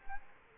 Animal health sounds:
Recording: mosquito wingbeat signal from an infrared sensor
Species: Culex quinquefasciatus

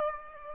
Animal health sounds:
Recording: mosquito wingbeat signal from an infrared sensor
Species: Aedes aegypti

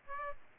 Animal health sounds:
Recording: mosquito wingbeat signal from an infrared sensor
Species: Aedes aegypti

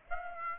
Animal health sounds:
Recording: mosquito wingbeat signal from an infrared sensor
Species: Aedes aegypti

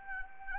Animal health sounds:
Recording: mosquito wingbeat signal from an infrared sensor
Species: Anopheles arabiensis

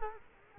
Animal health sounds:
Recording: mosquito wingbeat signal from an infrared sensor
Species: Culex quinquefasciatus

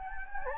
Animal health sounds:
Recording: mosquito wingbeat signal from an infrared sensor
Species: Anopheles gambiae

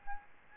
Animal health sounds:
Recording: mosquito wingbeat signal from an infrared sensor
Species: Aedes albopictus

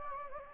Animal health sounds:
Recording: mosquito wingbeat signal from an infrared sensor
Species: Anopheles gambiae

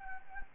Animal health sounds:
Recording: mosquito wingbeat signal from an infrared sensor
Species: Anopheles gambiae

